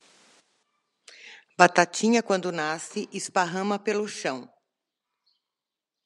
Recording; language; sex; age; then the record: short text; Brazilian Portuguese; female; 60 to 69 years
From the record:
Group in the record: control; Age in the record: 65 years